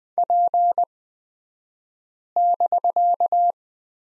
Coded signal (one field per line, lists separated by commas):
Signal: Morse code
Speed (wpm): 20 wpm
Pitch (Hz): 700 Hz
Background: none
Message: P<BK>